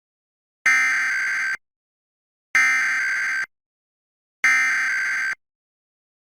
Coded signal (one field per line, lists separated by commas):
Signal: Emergency Alert System (SAME) tones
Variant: header bursts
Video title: EAS Tests from Pennsylvania and New Jersey [EAS #101-114]